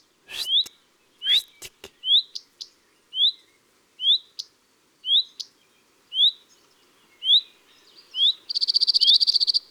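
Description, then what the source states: Common redstart: upslurred whistled calls repeated about once a second, preceded by sharp clicks and followed by a fast, buzzy trill. Recorded in April.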